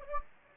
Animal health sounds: mosquito wingbeat signal from an infrared sensor; Anopheles gambiae

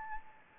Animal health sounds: mosquito wingbeat signal from an infrared sensor; Anopheles gambiae

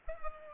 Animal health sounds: mosquito wingbeat signal from an infrared sensor; Culex pipiens

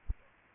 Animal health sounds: mosquito wingbeat signal from an infrared sensor; Aedes aegypti

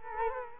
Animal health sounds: mosquito wingbeat signal from an infrared sensor; Culex quinquefasciatus

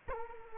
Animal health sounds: mosquito wingbeat signal from an infrared sensor; Culex quinquefasciatus

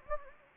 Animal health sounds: mosquito wingbeat signal from an infrared sensor; Anopheles gambiae

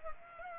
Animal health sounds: mosquito wingbeat signal from an infrared sensor; Culex pipiens

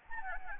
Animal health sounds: mosquito wingbeat signal from an infrared sensor; Anopheles arabiensis

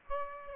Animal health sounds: mosquito wingbeat signal from an infrared sensor; Aedes aegypti

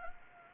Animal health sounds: mosquito wingbeat signal from an infrared sensor; Anopheles gambiae

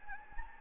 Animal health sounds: mosquito wingbeat signal from an infrared sensor; Anopheles gambiae

